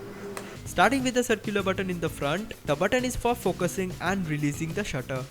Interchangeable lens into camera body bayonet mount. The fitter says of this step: rotate the lens 90 degrees just like this till you hear this click sound